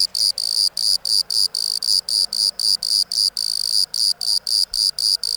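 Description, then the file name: Bordeaux cricket song of bright high chirps, slightly longer pulses separated by brief gaps, roughly four per second. "Modicogryllus bordigalensis"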